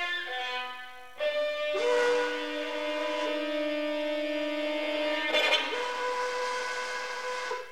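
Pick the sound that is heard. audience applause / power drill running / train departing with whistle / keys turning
train departing with whistle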